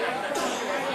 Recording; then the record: coughing mixed with background sound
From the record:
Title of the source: Residual Phlegmy Morning Coughing and Gagging